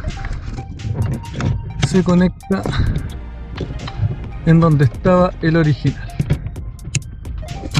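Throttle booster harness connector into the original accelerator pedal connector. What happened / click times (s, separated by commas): The connector clicked home / 6.9 s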